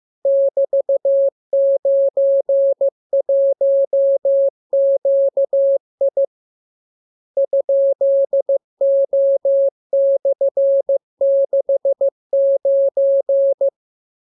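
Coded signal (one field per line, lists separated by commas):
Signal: Morse code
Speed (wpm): 15 wpm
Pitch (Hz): 550 Hz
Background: none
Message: <BT>91QI ?O/69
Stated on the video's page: Morse code lesson 38 of 42 for amateur radio receiving practice: radiogram opening with VVV and a section sign, ending with AR.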